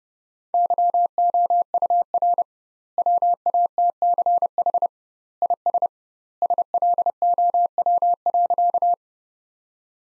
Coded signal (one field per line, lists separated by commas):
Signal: Morse code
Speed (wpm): 30 wpm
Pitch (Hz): 700 Hz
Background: none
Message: YOUR WATCH IS SLOW.